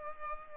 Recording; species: mosquito wingbeat signal from an infrared sensor; Culex pipiens